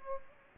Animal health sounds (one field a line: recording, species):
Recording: mosquito wingbeat signal from an infrared sensor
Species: Aedes aegypti